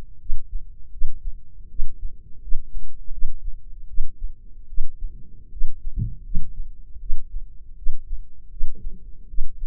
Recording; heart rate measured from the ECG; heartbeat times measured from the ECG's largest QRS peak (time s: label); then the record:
heart sounds by microphone in the left ear; 79 bpm
0.19 s: heartbeat
0.91 s: heartbeat
1.69 s: heartbeat
2.41 s: heartbeat
3.11 s: heartbeat
3.87 s: heartbeat
4.67 s: heartbeat
5.50 s: heartbeat
6.23 s: heartbeat
6.99 s: heartbeat
7.76 s: heartbeat
8.50 s: heartbeat
9.27 s: heartbeat
From the record:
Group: healthy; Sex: female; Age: 22 years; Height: 157 cm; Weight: 47.6 kg